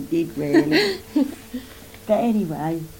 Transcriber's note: laughs